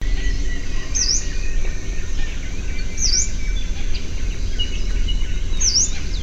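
Yellow-browed warbler calls: three high, thin, V-shaped notes, spaced two to three seconds apart, over steady low rumbling noise.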